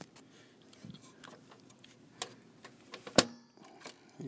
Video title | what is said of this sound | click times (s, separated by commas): Z400 Graphics Card replacement | hear that snap make sure it snaps in | 3.2 s